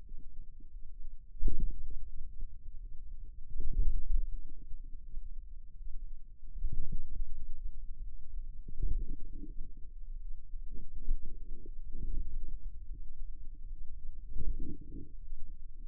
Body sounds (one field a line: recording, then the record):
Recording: forearm muscle sounds (acoustic myography)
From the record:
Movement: wrist flexion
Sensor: system 2, bracelet of six BSWA MPA416 microphones around the upper forearm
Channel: 5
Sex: female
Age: 23 years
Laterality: right